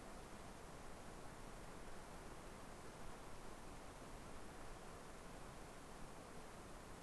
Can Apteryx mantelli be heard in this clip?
no